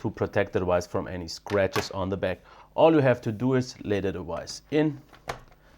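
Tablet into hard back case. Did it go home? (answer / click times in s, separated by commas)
no / none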